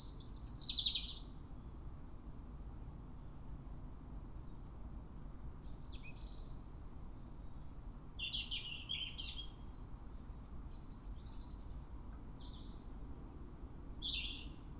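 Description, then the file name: European robin song: three short bursts of high, scratchy, twittering notes spaced several seconds apart, with a faint low hum throughout. "Erithacus rubecula"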